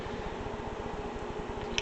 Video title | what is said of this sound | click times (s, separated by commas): 1998 ZJ Jeep Grand Cherokee 44RE Tranny Service Part 4 | put it in the hole kind of snap in with the new o-ring | 1.8 s